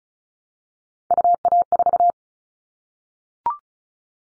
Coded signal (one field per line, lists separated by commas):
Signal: Morse code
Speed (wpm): 34 wpm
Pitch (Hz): 700 Hz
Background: none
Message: UA4